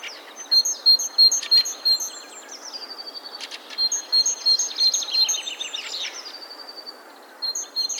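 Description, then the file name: Great tit song: bright paired whistled notes repeated rapidly, with descending chirps and short clicking bursts. "Parus major"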